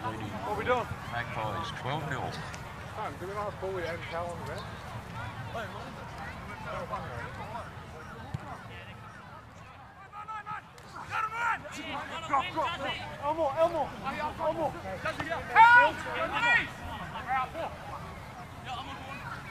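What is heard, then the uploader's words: Voices from a rugby league match carry over a steady low rumble, several people talking and calling at once in an overlapping babble. Around the middle the chatter dips briefly, then picks up again with sharper shouts near sixteen seconds. Bishop Park - Queensland Rugby League (field recording). Composite field recording taken at the Queensland Rugby League match between the Norths Devils and the Souths Logan Magpies. The match was played at the Norths Devils home ground at Bishop Park, Nundah (Brisbane), Queensland, Australia.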